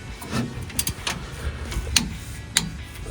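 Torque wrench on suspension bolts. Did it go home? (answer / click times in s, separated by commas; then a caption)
yes / 2.0 s, 2.6 s. A torque wrench set to the manufacturer's spec of 75 ft-lb tightens the suspension bolts for Eibach 1.50-inch Pro-Truck rear lift blocks on a 2005-2023 Tacoma. Softer ticks and ratcheting come first, then the wrench gives two sharp clicks at 2.0 and 2.6 seconds, showing the bolts have reached 75 ft-lb.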